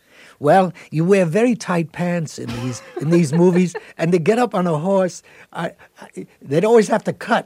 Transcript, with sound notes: Well, you wear very tight pants in these movies.
(Laughter).
And to get up on a horse, they'd always have to cut.